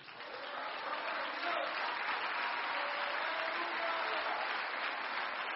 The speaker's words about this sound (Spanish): Solo hacen que el Señor, dígalo bien fuerte, que el Señor, dele palmas al Rey.